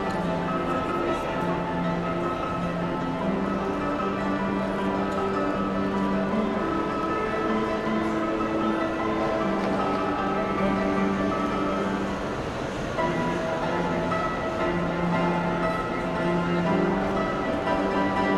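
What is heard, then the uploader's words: A busy train station hums with steady crowd murmur while a piano plays sustained, shifting chords underneath, changing around thirteen seconds. Paris Gard du Nord Train Station Afternoon Piano. Ambient busy big city train station with a talented chap tickling the public piano.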